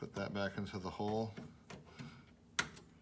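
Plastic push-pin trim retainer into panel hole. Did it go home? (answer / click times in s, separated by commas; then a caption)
yes / 2.6 s. During an LED 9012 headlight bulb installation on a 2017 Corolla iM, a plastic push-pin trim retainer, with its center pin pushed back up, is put into its panel hole while someone talks. The top is pushed down, and a single sharp, loud click at 2.6 s marks the retainer snapping back in place, fully seated.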